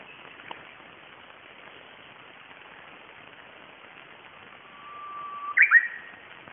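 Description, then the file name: Japanese bush warbler song at the end of a quiet hissing stretch: a short level whistle swelling into a rapid, warbled flourish. "uguisu"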